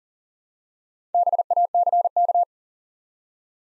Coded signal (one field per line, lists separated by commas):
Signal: Morse code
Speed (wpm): 41 wpm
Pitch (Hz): 700 Hz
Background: none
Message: BACK